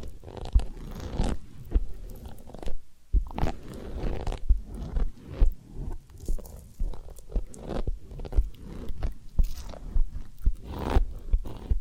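Ear cleaning and massage sounds, made of irregular crackling and crunchy rubbing that come in short bursts every half second or so. Sharp clicks and soft low thumps punctuate the steady scratchy texture, with brief quiet gaps near three and eleven seconds.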